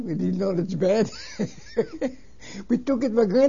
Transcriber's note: he laughs